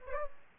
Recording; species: mosquito wingbeat signal from an infrared sensor; Aedes aegypti